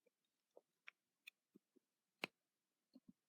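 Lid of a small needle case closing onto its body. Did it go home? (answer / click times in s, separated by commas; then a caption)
yes / 2.2 s. The lid of a small John James needle case holding yarn/tapestry needles is closed onto its body, with a series of soft taps and handling knocks before it clicks shut at 2.2 s. The lid seats securely.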